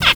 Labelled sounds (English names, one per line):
Zebra Finch kackle call